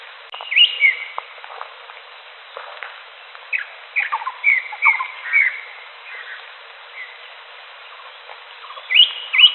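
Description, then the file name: Greater green leafbird song: varied, irregular whistled notes and slurred chirps, some rising, some falling, scattered throughout with short gaps between. "audio cucak hijau alam liar"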